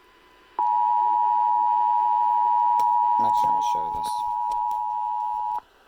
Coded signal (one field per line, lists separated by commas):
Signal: Emergency Alert System (SAME) tones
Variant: 853 and 960 Hz attention tone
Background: speech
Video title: EAS 1010 Blizzard Warning for Warren and Polk IA